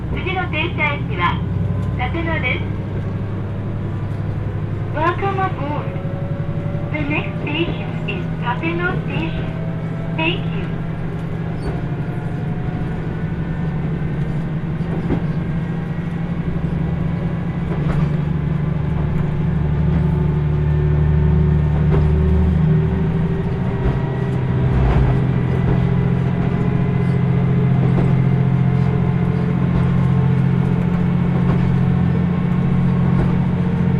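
A ride aboard the Kyushu Odan limited express on the Hohi Line from Kumamoto toward Tateno. A steady low rumble runs throughout, with whining tones slowly rising as the train gathers speed. Quick clicks cluster early on, and the ride grows slightly louder after twenty seconds.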